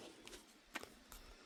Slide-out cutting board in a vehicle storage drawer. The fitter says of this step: and then locks in place here